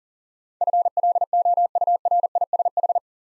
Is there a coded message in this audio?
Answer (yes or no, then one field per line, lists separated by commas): yes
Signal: Morse code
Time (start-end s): 0.6-3.0 s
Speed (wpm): 40 wpm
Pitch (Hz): 700 Hz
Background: none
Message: FLOURISH